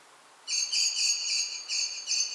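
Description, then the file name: Common blackbird: a quick string of high, ringing notes that begins half a second in and carries on to the end. "Turdus merula"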